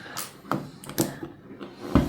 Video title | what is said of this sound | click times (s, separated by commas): Retro builds that are fun and easy to make, they'll make excellent Christmas presents. | Like my knees in the morning. A nice satisfying click. | 0.5 s